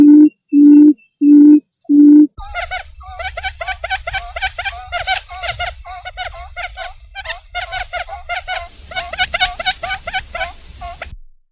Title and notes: Suara Burung Bandel Yang Susah Mendekati. Suara Pikat Burung